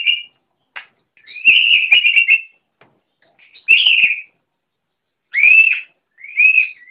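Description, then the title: Oriental magpie-robin giving short separate phrases: a couple of short notes, a brief trill, then arched whistles separated by silent gaps. "Kicau Kacer"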